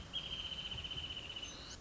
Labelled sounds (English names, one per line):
Wrentit